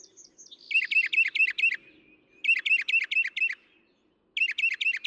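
Northern mockingbird song: a few thin high notes, then repeated groups of five or six looping chirps, each group separated by a short pause.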